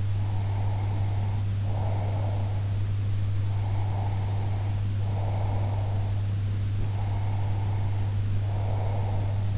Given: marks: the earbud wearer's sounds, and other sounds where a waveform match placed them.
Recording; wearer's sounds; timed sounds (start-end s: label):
sounds in sleep by an in-ear microphone; breath
0.12-2.67 s: breath
3.50-6.24 s: breath
6.73-9.58 s: breath